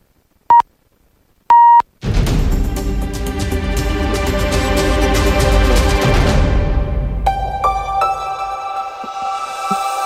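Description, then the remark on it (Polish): Two clean, steady mid-pitched radio time signal beeps marking five o'clock sound a second apart, the second held slightly longer, then a loud, dense burst of music with ringing tones crashes in and continues. “Sygnał czasu.”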